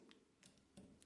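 A plastic SD memory card is pushed down into the spring-loaded card slot of a camera, making four short, sharp ticks at about 0.1, 0.5, 0.8 and 1.0 seconds. The card latches with the click at 1.0 seconds and stays seated in place.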